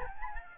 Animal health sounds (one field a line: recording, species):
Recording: mosquito wingbeat signal from an infrared sensor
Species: Aedes albopictus